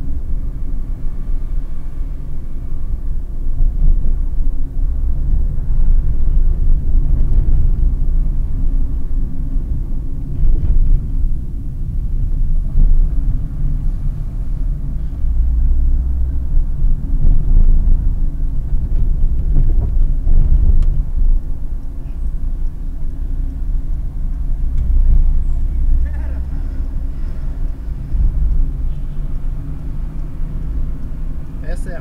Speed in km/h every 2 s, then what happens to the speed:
42, 42, 44, 41, 36, 24, 25, 30, 37, 34, 33, 27, 28, 36, 37, 40.
0-5 steady at about 42. 5-10 brakes to 24. 10-16 speeds up to 37. 16-23 slows to 27. 23-32 speeds up to 40.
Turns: 9-13.